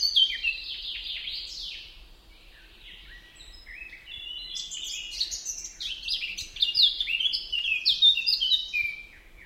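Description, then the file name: Eurasian blackcap warbling continuously: hurried, varied chattering notes that rise and fall, swelling louder toward the end. "Sylvia atricapilla"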